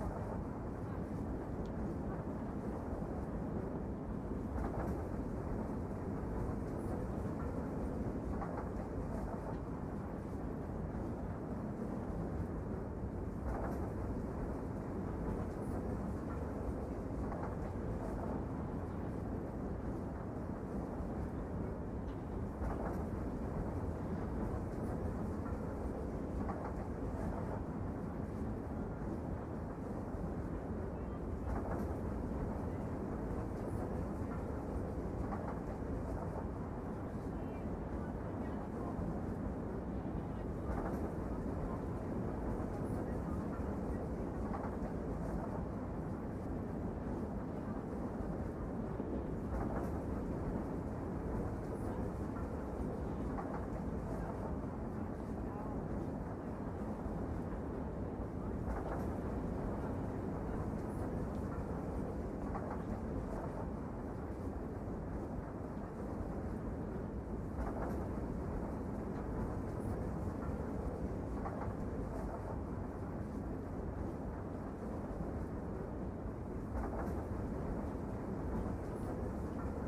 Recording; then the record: background sound without coughing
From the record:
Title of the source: Train Ride Ambience ambient white noise for sleeping, focus, studying, reading